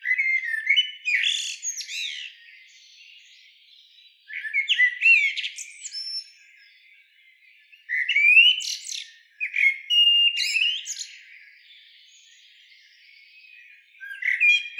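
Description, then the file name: Common blackbird delivering several song phrases separated by short pauses, each a rich whistled warble ending in a thin, squeaky flourish. "Turdus merula"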